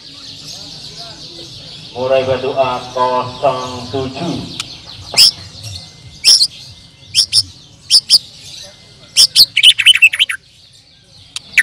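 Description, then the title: Bird calls: a harsh, harmonic rasping phrase early on, then scattered sharp high chirps that quicken into a fast sweeping flurry near the end. "Kicau Burung"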